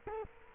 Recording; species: mosquito wingbeat signal from an infrared sensor; Culex quinquefasciatus